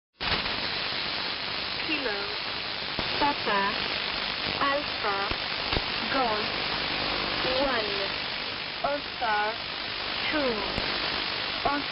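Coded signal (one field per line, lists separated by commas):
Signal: numbers station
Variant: E10, Hebrew letters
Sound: short, evenly spaced spoken syllables in a synthetic-sounding voice, buried in hissing static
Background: radio static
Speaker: it broadcasts consistent computerized voices usually female reading out strings of Hebrew letters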